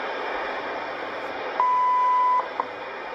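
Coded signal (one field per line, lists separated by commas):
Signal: radio time signal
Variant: WWV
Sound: hiss, then a steady 0.8-second 1 kHz beep, followed by a short tick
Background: radio static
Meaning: The long 1000 Hz tone marks the start of a new minute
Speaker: and here's on the icon once again sharing the same antenna using that multi-coupler coordinated universal time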